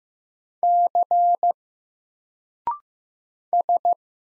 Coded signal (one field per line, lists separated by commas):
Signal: Morse code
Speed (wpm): 15 wpm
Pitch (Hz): 700 Hz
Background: none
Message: C S